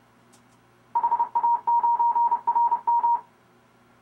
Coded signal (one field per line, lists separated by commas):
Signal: Morse code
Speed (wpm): 30 wpm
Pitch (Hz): 940 Hz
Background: none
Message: HA9RM